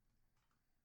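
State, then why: Not seated. Rectangular plastic top trim on a 1:8 scale model Aston Martin DB5 car door panel is lined up and its plastic clips are pushed in by hand. Faint handling rustle and light plastic contact sounds are heard over a low background hum. Nothing has seated or clicked yet.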